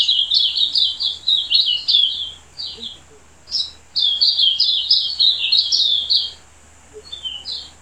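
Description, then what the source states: Silvereye singing long runs of quick, high, jumbled warbled notes, broken by brief silences, a short final phrase near the end. Subspecies vegetus.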